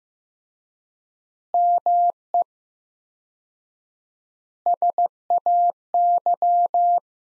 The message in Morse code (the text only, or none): ME SAY